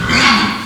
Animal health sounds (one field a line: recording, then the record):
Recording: squeal of a Yucatan mini pig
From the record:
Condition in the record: after surgery on the right vocal fold (resection and tissue-engineered implant)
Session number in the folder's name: 17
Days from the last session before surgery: 195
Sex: female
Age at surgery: 19 weeks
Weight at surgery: 25 kg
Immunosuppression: prednisolone